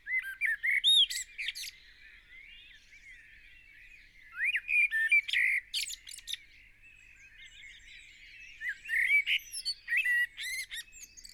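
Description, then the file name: Common blackbird song: repeated mellow whistled phrases with scratchy high endings, about three bursts, amid a background of other birds chirping. "Turdus merula"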